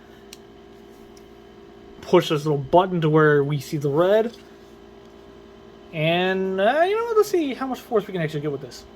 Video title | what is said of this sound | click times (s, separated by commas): TFCon Exclusive Fanshobby God Delta | I was literally loading this, which once you hear that click, you know it's in. | 0.3 s